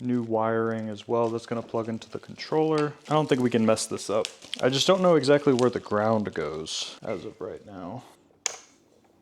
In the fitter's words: so once you hear that click, it is in.